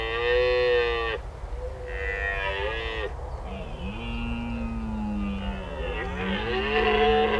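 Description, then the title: Red deer bellowing: long, harmonic roars, each a second or more, rising and falling and repeated back to back, over a steady low rumble. Rutting red deer stags bellowing in daytime, early in the season, in a marsh reserve near Béon, France; roads and a large rail marshalling yard nearby; Lom Usi Pro stereo AB microphones, Zoom F8 recorder. "Marais de Lavours -Béon, France - Brame diurne"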